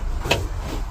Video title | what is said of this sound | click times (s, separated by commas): Fiat Rimor Horus 145 Details | you'll immediately hear a clicking noise. Now you can't do that turn more | 0.3 s